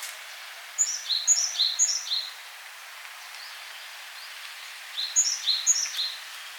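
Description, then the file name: Great tit song in two separate bursts of bright two-note phrases, high then lower, each burst of three or four phrases, with a soft steady hiss behind. "Parus major"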